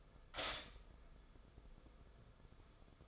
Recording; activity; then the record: daily activity, microphone in the room; stop toaster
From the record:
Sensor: 5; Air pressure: 994.6 hPa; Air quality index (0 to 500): 185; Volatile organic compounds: 1000 ppm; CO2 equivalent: 5411 ppm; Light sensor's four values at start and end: 32/104/39/41 and 32/104/39/41